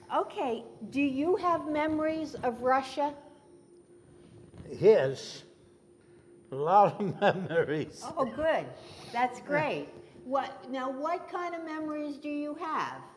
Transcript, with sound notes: Ok, do you have memories of Russia?
Yes, lots of memories [Laughs]
Oh, good, that's great. Now what kind of memories do you have?